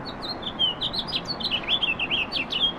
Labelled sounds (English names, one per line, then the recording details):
House Finch song
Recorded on Long Island, New York, on 18 April 2012
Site GC
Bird B